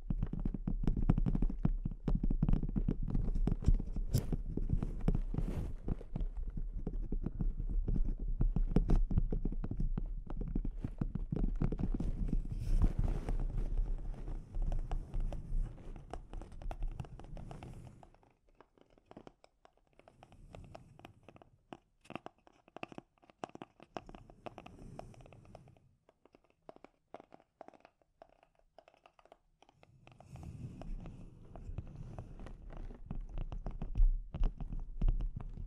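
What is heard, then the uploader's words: Delicate scratching and tapping on a microphone, a dense, low, rustling scrape broken by quick sharp taps through the first eighteen seconds. After that it thins to sparse, scattered ticks and brief scratches with near-silent gaps, then a denser scratching burst returns around thirty seconds. ASMR Delicate Mic Scratching and Tapping Triggers.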